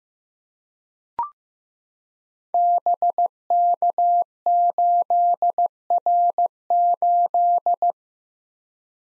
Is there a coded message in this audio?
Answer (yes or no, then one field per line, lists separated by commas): yes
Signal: Morse code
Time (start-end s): 2.5-7.9 s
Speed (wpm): 15 wpm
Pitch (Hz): 700 Hz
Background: none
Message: BK8R8